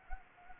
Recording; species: mosquito wingbeat signal from an infrared sensor; Anopheles gambiae